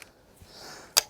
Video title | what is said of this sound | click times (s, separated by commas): Lightweight 20 Inch Wheel Folding e Bike - The Fiido D11 | that clicks in place and off you go | 1.0 s